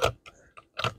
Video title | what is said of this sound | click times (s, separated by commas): Styer m95 long rifle, chambered In 8x50r Mannlicher. | And it goes down in until it clicks on the catch | 0.0 s